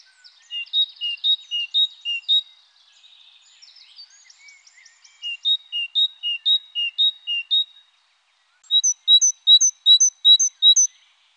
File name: Mésange-charbonnière